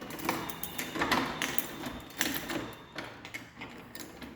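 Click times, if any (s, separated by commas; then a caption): none. A hotel room door lock is worked on with another try at locking it, giving a series of sharp metallic clicks and clacks over about four seconds. Nothing has seated or clicked home yet; the door lock has not engaged by the end.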